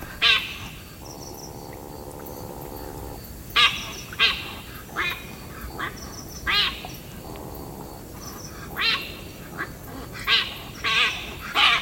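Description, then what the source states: Mongoose giving harsh, bursty calls in irregular clusters, with two longer droning, buzzy tones in the background. Seemingly stressed, unhappy mongoose at a waterhole in Kenya at night, possibly reacting to other species nearby or while spotting prey.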